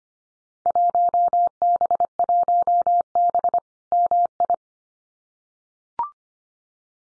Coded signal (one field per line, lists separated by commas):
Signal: Morse code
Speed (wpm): 25 wpm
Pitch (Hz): 700 Hz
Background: none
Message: 1B1B MI